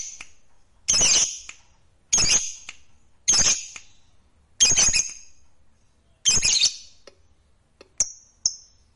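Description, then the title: Lovebird squawks, five loud rasping screeches in a row, followed by two short thin whistled chips. "Suara Lovebird"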